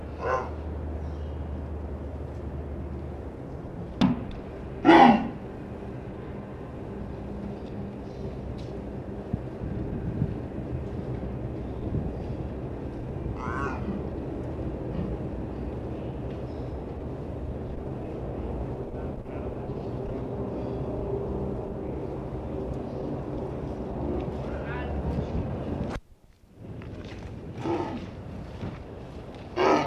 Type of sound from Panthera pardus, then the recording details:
call. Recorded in captivity. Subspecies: japonensis. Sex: female. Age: adult. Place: Tierpark Berlin, Berlin, DE. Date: 1965-12-05 11:30. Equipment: Uher 4000 Report-S, Transistorverstärker II, Sennheiser MD 421. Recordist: Tembrock, Günter. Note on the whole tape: China-Leopard. Weibchen (isoliert gehalten): Rufe und Rufreihen. Abstand: 10 m